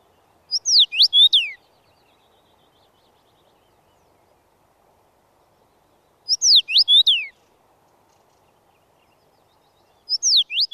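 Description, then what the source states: Common Rosefinch song: a short clear whistled phrase of rising and falling slurred notes, repeated three times, with faint low hum behind. Song described as wistful and melancholic; once used in Finnish films after tragic scenes.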